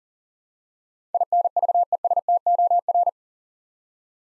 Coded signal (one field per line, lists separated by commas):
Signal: Morse code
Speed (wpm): 40 wpm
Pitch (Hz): 700 Hz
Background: none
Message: INVESTOR